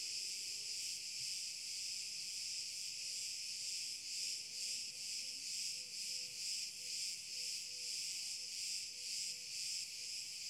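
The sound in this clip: Cicada song: a continuous dense high buzz that pulses gently and regularly, with faint low chirping notes beneath.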